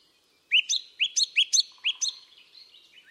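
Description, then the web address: Bird chirping: a run of about eight bright upslurred notes in quick succession, with a faint low trill underneath. "cianscape birddata Deverinetal 2025. Bird Only"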